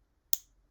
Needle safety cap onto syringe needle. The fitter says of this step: until you hear a click and as you can see now the needle is fully